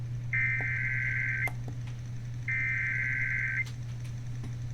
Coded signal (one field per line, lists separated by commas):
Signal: Emergency Alert System (SAME) tones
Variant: header bursts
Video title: EAS 362 - KEC80 SVR while im tryna slep